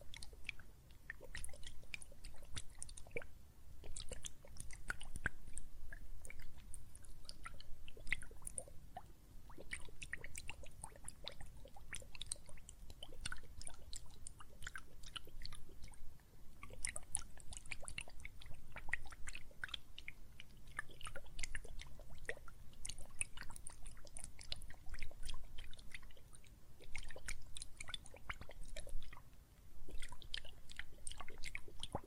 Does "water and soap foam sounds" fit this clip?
yes